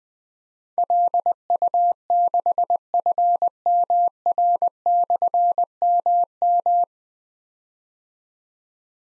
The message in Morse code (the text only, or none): LU6FMR/MM